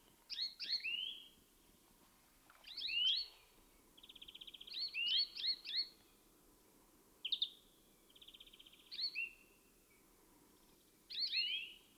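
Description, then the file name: European greenfinch twittering: clusters of quick sliding chirps, a buzzy trill, and more chirp groups spaced irregularly across twelve seconds, over faint hiss. "Chloris chloris"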